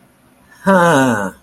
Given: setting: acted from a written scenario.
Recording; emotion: vocal sound without words; contempt